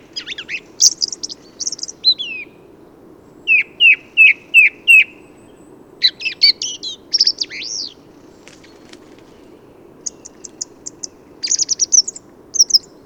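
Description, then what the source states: Song thrush song with a run of several identical bright notes repeated in quick succession, among varied whistles and scratchy trills. Autumn improvised song, 15 November 2020, Forêt de Valdrôme, France; thrushes staying in forest thanks to heavy whitebeam and rowan fruiting; recorded with Nagra Seven and Telinga parabola.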